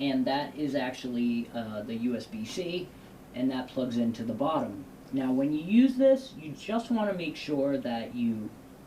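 Someone talks while fitting a metal adapter frame onto a small handheld gimbal camera, the Pocket 3, with the USB-C plugging into the bottom. Only speech is heard, and nothing has seated or clicked yet; the clip ends just before the frame goes home.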